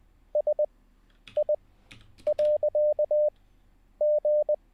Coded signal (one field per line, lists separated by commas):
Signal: Morse code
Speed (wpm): 20 wpm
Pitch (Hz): 600 Hz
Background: none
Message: SI.G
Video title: How To Learn Morse Code LIVE with N0SSC (Day 10)